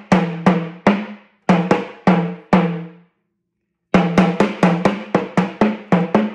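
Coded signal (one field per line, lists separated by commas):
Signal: talking drum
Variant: Yoruba sakara drum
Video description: Playing "Aṣiri Wa Tẹ Nfẹju Toto Mọ" with the Yoruba Orunsha Sakara talking drum by Jammal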